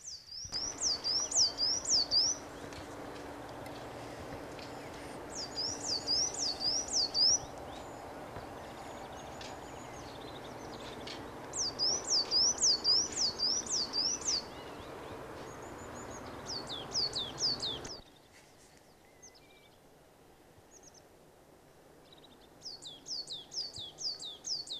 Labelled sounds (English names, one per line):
Coal Tit song